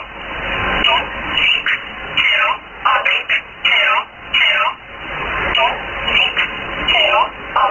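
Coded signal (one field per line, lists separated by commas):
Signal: numbers station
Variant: E11 Oblique, English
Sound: short evenly spaced spoken words, likely numbers, over a narrow noisy shortwave channel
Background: radio static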